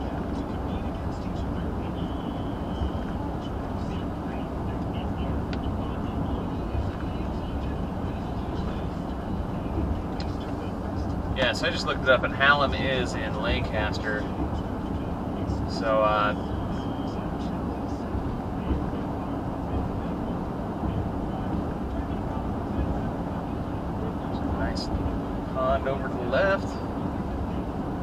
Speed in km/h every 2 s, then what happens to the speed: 82, 82, 84, 84, 84, 84, 84, 84, 87, 87, 87, 87, 87, 87.
0-28 steady at about 84.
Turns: none.